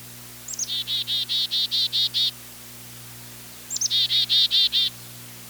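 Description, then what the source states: Black-capped Chickadee calling: two chick-a-dee phrases, each with high thin opening notes and then a quick run of several buzzy dee notes, with a pause between. Chickadees stay in flocks all winter, and other species associate with their flocks.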